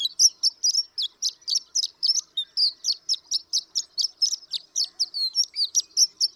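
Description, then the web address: Horned lark song of quick, bright tinkling notes repeated steadily at a fast, even pace throughout. "birdsongforthecurious Horned Lark"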